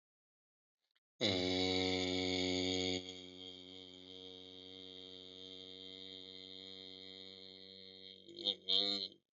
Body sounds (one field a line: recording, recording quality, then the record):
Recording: sustained vowel as in made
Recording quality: excellent, no background noise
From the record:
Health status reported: healthy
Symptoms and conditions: hypertension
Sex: male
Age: 62 years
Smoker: not ticked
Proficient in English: yes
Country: India